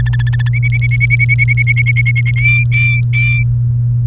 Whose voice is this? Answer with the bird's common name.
Domestic Canary